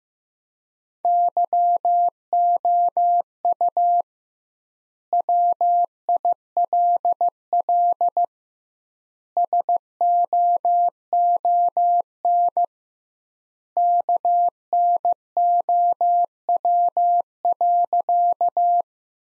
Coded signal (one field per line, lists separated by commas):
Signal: Morse code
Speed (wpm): 15 wpm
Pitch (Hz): 700 Hz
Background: none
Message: YOU WILL SOON KNOW.